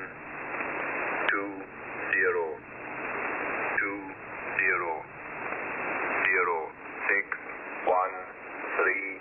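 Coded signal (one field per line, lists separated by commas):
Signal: numbers station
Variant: E06, English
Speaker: here's an example this is a clip from the nsric's recording of a station referred to in their listing as e06 the english man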